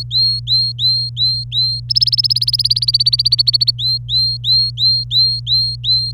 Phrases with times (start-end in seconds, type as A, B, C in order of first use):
0.00-1.80 A, 1.89-3.71 B, 3.79-6.12 A